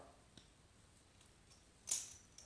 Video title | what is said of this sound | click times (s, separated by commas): Gillette Slim and Gillette Fatboy Comparison | just barely. Did you hear it pop? | 1.9 s